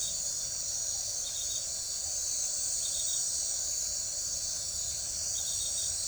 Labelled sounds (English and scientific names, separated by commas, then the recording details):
none
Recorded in forest near Pivijay, Magdalena, Colombia, on 5 June 2023 at 22:30
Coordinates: 10.467, -74.380
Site Z5-G034